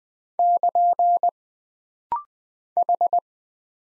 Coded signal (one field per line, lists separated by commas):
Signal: Morse code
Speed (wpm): 20 wpm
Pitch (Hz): 700 Hz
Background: none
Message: <KN> H